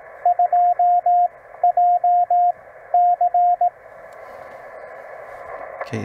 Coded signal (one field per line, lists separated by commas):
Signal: Morse code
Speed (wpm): 17 wpm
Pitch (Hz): 710 Hz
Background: radio noise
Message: 2JC